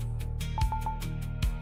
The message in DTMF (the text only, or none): none